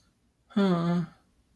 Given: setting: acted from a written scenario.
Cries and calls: vocal sound without words; sadness

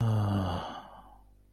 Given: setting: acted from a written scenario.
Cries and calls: vocal sound without words; serenity

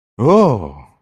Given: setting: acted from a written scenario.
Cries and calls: vocal sound without words; negative surprise

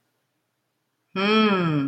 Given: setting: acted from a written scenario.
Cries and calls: vocal sound without words; interest

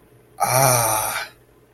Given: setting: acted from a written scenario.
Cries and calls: vocal sound without words; awe

